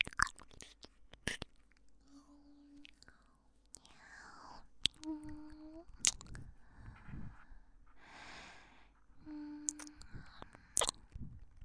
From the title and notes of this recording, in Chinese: 3D纯享口腔音（asmr助眠舔耳）。